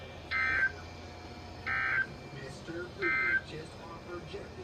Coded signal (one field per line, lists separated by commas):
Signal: Emergency Alert System (SAME) tones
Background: speech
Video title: Late Night SVR’s (EAS 127-128)